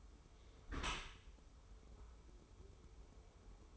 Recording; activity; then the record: daily activity, microphone in the room; close dishwasher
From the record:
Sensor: 1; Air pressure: 1015.0 hPa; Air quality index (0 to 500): 25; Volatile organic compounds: 0 ppm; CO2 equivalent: 504 ppm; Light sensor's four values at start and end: 13/30/12/13 and 13/30/12/13